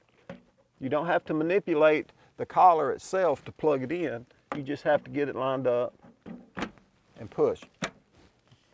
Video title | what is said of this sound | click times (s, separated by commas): GenerLink | it clicked into place now it won't come out unless i pull down on the collar | 7.8 s